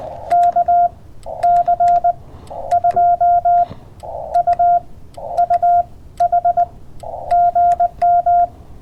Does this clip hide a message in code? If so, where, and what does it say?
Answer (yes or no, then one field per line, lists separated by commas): yes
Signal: Morse code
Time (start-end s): 0.3-8.5 s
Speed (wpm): 20 wpm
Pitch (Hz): 700 Hz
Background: none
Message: KC2UUH GM